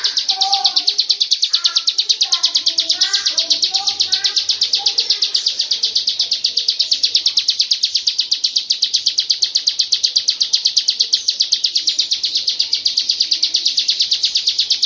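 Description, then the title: Lovebird long chattering trill: very fast and steady for fifteen seconds, with a few lower chirps early on that fade away. Long 'ngekek' (ngekek panjang) song style. "Audio Lovebird Ngekek Panjang Ciblek"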